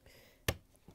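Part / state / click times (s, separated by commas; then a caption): electronic control board onto plastic mounting tabs in dishwasher / seated / 0.5 s. A new GE electronic control board, part WD21X24900C, is pressed down onto the small white plastic mounting tabs in a dishwasher. It snaps into place with a sharp click at 0.5 s, followed by a fainter knock near 0.9 s. The board is seated in place.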